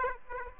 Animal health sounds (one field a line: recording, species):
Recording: mosquito wingbeat signal from an infrared sensor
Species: Aedes aegypti